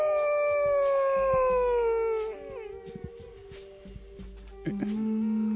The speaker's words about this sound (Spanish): A pesar del escepticismo del hombre moderno, en cada noche de luna llena, aún es posible oír un aullido que mezcla lo bestial con lo humano.